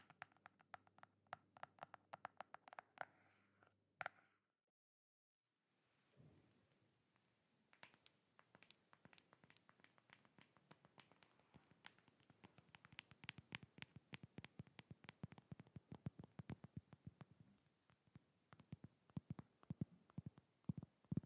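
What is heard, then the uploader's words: Tapping in quick bursts of sharp clicks, first a dense run with a faint ringing tone under it, then a brief silence around four to six seconds. The taps return sparse and soft, growing faster and louder toward the end, like patter on a surface. ASMR tapping fast and slow (No Talking).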